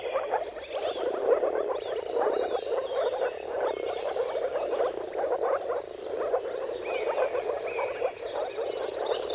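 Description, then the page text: Dense chorus of moor frogs, continuous muffled bubbling yelps overlapping, with thin bird whistles scattered across the recording. Moor frogs in a mating chorus at sunrise, at the turn of March and April depending on the weather. "Dawn’s Chorus: Mating Calls of Marsh Frogs at Sunrise. Depending on the weather at the turn of March and April, you can witness an amazing spectacle of moor frogs. Jakub-Orzecki moor frogs"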